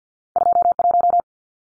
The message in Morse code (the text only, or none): 21